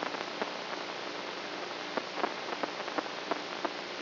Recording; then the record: brain microelectrode recording played as sound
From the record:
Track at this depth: inside the subthalamic nucleus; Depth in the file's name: 4.501 mm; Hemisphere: right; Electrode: 3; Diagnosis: Parkinson's disease